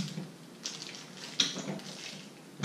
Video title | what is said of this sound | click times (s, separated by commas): Vivo Dog Stroller Unboxing | say to click or so like I said locks in place let's | 1.4 s